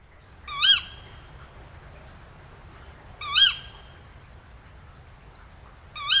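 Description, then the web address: Tawny owl calling: short, piercing, screechy notes repeated every few seconds against a quiet hissing background. Tawny owl call, used for a tawny owl point survey. "tawny owl call. tawny-owl-point-survey survey-resources"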